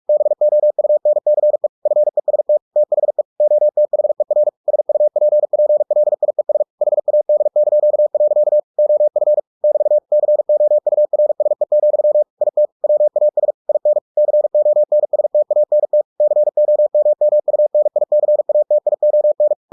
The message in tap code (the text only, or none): none